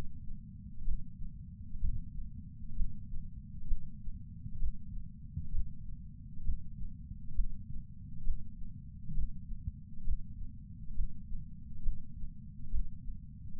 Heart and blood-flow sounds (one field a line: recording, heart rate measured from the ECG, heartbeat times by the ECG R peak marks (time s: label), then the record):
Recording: heart sounds by patch sensor on the chest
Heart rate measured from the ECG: 66 bpm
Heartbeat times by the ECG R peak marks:
0.82 s: heartbeat
1.78 s: heartbeat
2.73 s: heartbeat
3.64 s: heartbeat
4.56 s: heartbeat
5.49 s: heartbeat
6.41 s: heartbeat
7.32 s: heartbeat
8.21 s: heartbeat
9.12 s: heartbeat
10.02 s: heartbeat
10.92 s: heartbeat
11.80 s: heartbeat
12.68 s: heartbeat
13.57 s: heartbeat
From the record:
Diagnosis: coronary artery disease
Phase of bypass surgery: preoperative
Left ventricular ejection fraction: 60.1%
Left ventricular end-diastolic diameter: 44 mm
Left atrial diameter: 42 mm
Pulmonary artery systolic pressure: 26 mmHg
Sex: female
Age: 80 years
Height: 156 cm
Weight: 70 kg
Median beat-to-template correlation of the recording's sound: 0.93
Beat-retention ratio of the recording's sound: 0.99